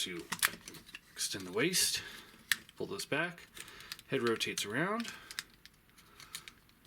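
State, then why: Seated. While someone talks, a plastic Unique Toys Warlord Transformers action figure is transformed: its waist is extended and pulled back, and its head is rotated around into the torso, with small plastic clicks and rattles. The head snaps into its locked position with a sharp click at 6.4 seconds, seated.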